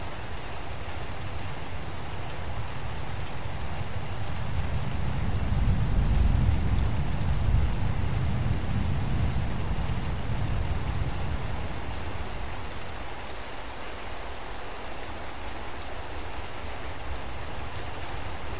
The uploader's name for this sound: Rain & Thunder Sounds In Forest